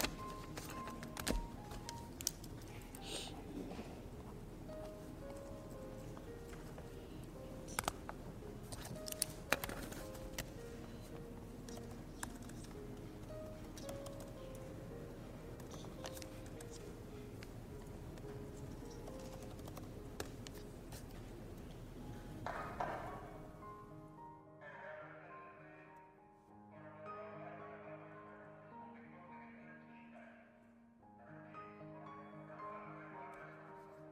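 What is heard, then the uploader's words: In the Yale library, a steady murmur with scattered clicks and knocks fills the first two-thirds, then gives way to sustained, tuneful tones. Study with me at hogwarts (aka the yale library!).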